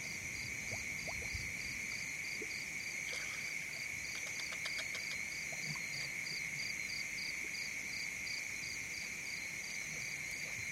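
A dense, steady insect chorus of shrill bands and rapid pulsing trills fills the night, with scattered frog-like croaks and a burst of clicks midway.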